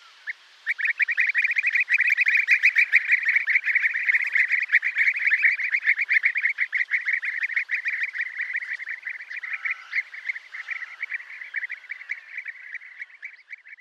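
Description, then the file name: European bee-eaters calling together, a dense stream of overlapping rolling, purring notes that runs almost continuously and slowly fades toward the end. "Guepier d Europe"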